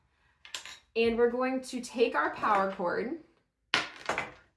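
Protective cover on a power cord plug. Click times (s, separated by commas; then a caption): 0.5 s. A protective plastic cover on the power cord plug of a HomeAware-II device is pushed down firmly until it clicks off, with two sharp clicks at about 0.5 s and 0.6 s. Someone then talks, and further short sharp sounds follow near 3.7 s and 4.1 s. The cover comes free of the plug.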